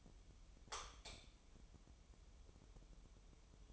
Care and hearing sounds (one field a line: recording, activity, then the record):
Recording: daily activity, microphone in the room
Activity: light off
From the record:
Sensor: 1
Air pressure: 988.4 hPa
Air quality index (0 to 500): 198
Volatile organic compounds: 1000 ppm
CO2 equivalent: 5305 ppm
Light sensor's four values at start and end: 12/37/13/15 and 8/21/8/9